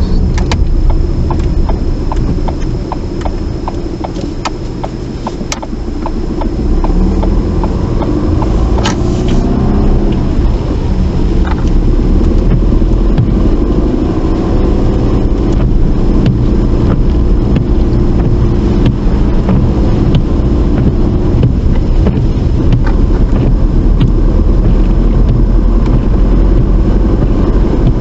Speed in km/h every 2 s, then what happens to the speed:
11, 3, 6, 13, 16, 18, 26, 27, 27, 29, 26, 31, 34, 35.
0-3 slows to 3. 3-13 speeds up to 27. 13-28 steady at about 29.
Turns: 2-8.